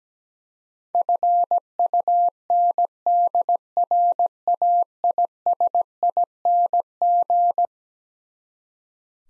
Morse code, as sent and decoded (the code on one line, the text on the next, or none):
..-. ..- -. -.. .-. .- .. ... .. -. --.
FUNDRAISING